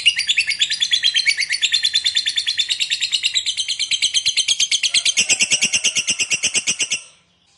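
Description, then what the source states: Lovebird giving a sustained, shrill chattering song of quick rasping pulses, stopping suddenly near the end. Fighter lovebird singing energetically, in the gacor style.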